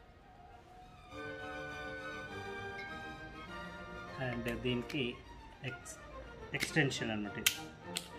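Someone talks over steady background music while handling a souvenir knife, extending the blade/extension piece toward locking into the handle. Rattling handling noises start around 4 s, with sharp metallic taps near 6.7–8.0 s. The extension has not locked into place yet; nothing has seated or clicked.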